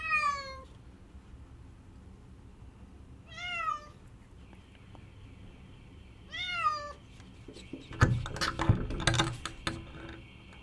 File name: Cat Crying